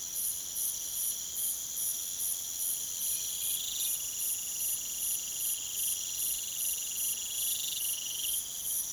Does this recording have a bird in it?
no